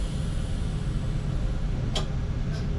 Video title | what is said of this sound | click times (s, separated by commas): Speedvac | And then you can turn the rotor and the heater off, the pump, and then you'll hear a little click over here when it's ready to open. | 2.0 s